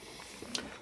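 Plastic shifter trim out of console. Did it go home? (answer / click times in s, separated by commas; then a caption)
released / 0.5 s. Plastic trim around the shifter boot of a Ford/Lincoln is popped down from its tabs and pulled out of the console. A soft rustle of handling gives way to a sharp plastic pop at 0.6 s, and the trim comes free of the console.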